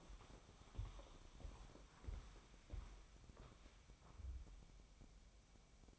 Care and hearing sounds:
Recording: daily activity, microphone in the room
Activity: walk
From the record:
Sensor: 1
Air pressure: 1015.3 hPa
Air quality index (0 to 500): 126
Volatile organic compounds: 5 ppm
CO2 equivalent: 1731 ppm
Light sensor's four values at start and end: 13/32/13/15 and 14/33/14/15

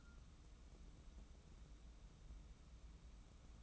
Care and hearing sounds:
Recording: daily activity, microphone in the room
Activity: take from stove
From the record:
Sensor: 1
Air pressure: 994.4 hPa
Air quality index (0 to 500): 231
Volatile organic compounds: 1000 ppm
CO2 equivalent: 8310 ppm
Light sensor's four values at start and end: 145/331/148/162 and 145/331/148/162

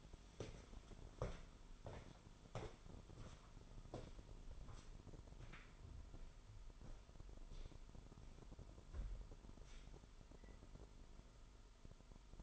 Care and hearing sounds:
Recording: daily activity, microphone in the room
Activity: walk to room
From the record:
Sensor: 5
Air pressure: 988.3 hPa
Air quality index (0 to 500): 196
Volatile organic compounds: 66 ppm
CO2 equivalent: 3476 ppm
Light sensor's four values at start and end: 51/145/58/64 and 47/144/56/60

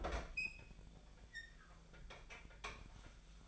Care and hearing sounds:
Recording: daily activity, microphone in the room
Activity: open fridge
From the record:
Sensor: 5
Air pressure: 1009.8 hPa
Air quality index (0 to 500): 160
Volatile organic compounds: 4 ppm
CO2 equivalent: 1560 ppm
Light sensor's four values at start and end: 125/319/134/142 and 127/324/135/144

